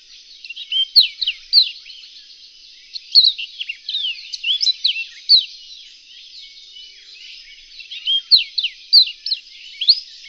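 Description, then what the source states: Reunion olive white-eye song: high, quick sweeping and down-slurred chirps in bursts, with pauses between phrases. Song (kicau).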